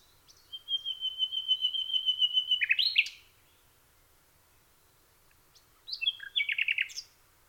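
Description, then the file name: Common nightingale song: a long, level run of whistled notes before a fast, rattling flourish; after a few seconds' silence another phrase ends in rapid repeated notes. "nachtegaal"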